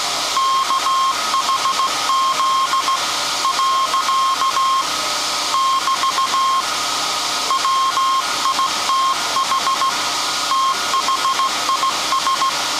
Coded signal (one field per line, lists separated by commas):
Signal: Morse code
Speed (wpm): 16 wpm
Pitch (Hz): 1070 Hz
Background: none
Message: KHZ . <BT> WITH THIS